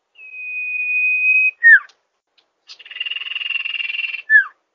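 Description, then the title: Songbird phrases: a long, level, pure whistle, then a quick downslurred note, a pause, and a fast buzzy trill ending in another downslur. Song used for training songbirds (masteran). "Master Burung Jos"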